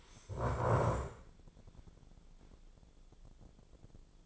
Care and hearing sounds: daily activity, microphone in the room; stand up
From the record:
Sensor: 5

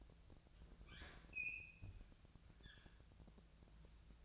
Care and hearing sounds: daily activity, microphone in the room; open fridge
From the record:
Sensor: 2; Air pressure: 999.9 hPa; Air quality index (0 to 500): 122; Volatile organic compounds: 2 ppm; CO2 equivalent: 1054 ppm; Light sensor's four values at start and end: 31/77/33/37 and 31/77/33/37

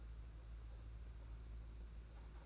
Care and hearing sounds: daily activity, microphone in the room; take from stove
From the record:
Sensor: 2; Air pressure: 991.8 hPa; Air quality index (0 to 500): 233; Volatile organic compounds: 1000 ppm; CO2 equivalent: 7807 ppm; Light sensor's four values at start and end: 19/59/23/21 and 19/59/23/21

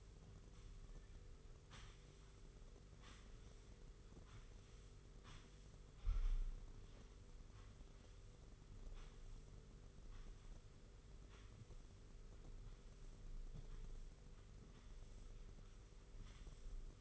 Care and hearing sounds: daily activity, microphone in the room; sweep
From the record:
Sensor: 4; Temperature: 27.3 degrees Celsius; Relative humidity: 40.1%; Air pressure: 991.3 hPa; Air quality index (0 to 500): 158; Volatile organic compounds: 127 ppm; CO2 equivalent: 3911 ppm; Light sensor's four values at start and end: 23/77/28/29 and 23/76/28/29

